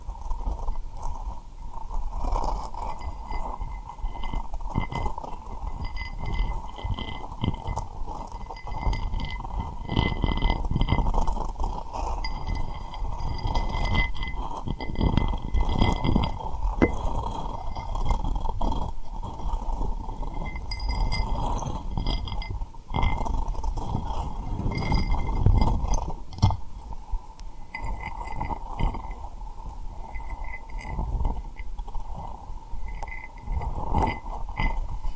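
Steady tapping and rubbing on rhinestones runs throughout, with a dense, scratchy low rustle and a constant mid-pitched tone underneath. Small bright clicks and glassy clinks sparkle continuously on top, with slightly busier bursts around 10 and 25 seconds.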